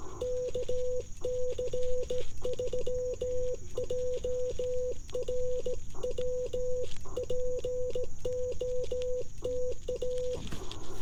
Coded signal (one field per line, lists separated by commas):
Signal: Morse code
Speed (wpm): 16 wpm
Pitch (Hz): 500 Hz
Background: none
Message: KC3JRW POTA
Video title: J-38 + IC-705 On The Air: 15 WPM CW POTA Activation of Crows Nest Natural Preserve VA